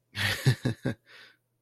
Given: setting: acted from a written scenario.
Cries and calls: vocal sound without words; amusement

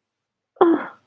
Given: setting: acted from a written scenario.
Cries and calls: vocal sound without words; disappointment

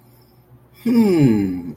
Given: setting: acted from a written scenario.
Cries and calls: vocal sound without words; interest

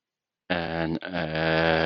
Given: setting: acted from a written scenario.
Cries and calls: vocal sound without words; guilt

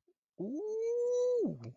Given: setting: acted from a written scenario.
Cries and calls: vocal sound without words; elation

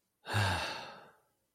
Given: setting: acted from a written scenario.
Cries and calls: vocal sound without words; contentment

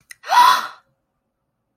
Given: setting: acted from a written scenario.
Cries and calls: vocal sound without words; negative surprise

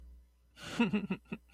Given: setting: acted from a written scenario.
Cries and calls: vocal sound without words; sadness

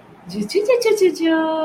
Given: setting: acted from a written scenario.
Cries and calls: vocal sound without words; adoration

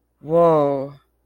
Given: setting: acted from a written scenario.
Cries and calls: vocal sound without words; negative surprise

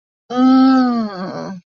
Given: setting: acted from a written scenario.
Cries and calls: vocal sound without words; ecstasy

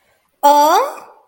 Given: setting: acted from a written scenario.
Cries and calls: vocal sound without words; confusion

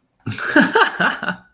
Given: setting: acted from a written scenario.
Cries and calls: vocal sound without words; amusement

